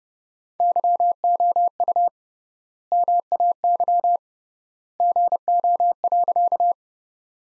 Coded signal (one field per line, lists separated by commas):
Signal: Morse code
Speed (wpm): 30 wpm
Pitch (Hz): 700 Hz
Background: none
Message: YOU MAY GO.